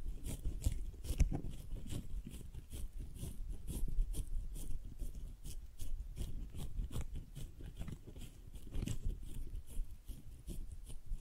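Tingly flower sounds: crisp, crinkly rustles and small crunches repeat in short bursts about twice a second for the whole clip, bright and papery on top. A soft, dull rumble of handling runs underneath, with a few sharper taps near the start and around four seconds.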